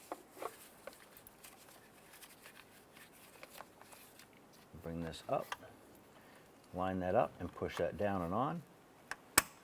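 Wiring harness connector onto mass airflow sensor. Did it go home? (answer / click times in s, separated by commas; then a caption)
yes / 9.4 s. A wiring harness connector is lined up and pushed down onto the mass airflow sensor of a 2007-2012 Nissan Versa while someone talks, with faint handling clicks in the background. It snaps into place with a sharp click at 9.4 s, confirming the connector is seated.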